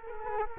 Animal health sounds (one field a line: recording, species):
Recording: mosquito wingbeat signal from an infrared sensor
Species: Culex quinquefasciatus